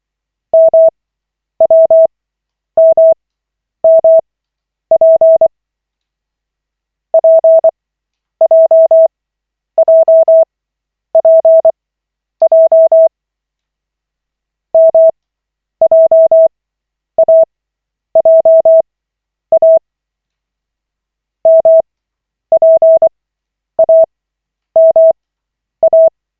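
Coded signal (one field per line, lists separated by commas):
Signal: Morse code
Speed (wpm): 24 wpm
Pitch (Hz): 650 Hz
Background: none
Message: MWMMP PJJPJ MJAJA MPAMA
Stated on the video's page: Koch-method Morse practice at lesson 14 of 40, five-minute session from the LCWO website.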